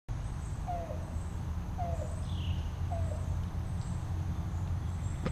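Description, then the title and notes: Yellow-billed cuckoo calling: three short, hollow notes about a second apart, with a brief higher sound and a steady low rumble behind. "Yellow-billed Cuckoo.WMA by Christie Mullen"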